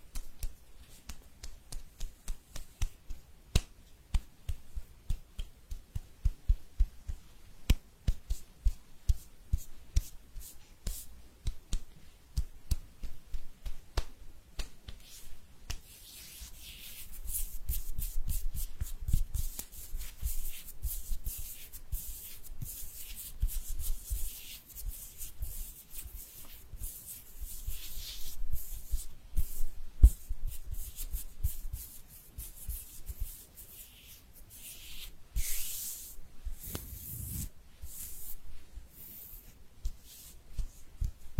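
Hands rubbing together in quick, repeated strokes, each a short dry swish. The first fifteen seconds are sparse and lighter, then the rubbing becomes denser, louder and more continuous, with a bright hiss. Around 36 seconds a stronger, lower brush stands out before it eases.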